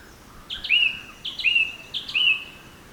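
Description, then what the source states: Bird song: three phrases, each a brief high note sliding into a longer, level whistle, repeated at an even pace. Birds singing in a forest.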